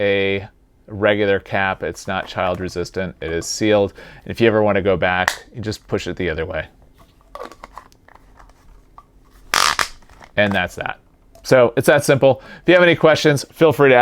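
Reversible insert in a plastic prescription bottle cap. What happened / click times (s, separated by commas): The plastic cap insert snapped into place / 9.5 s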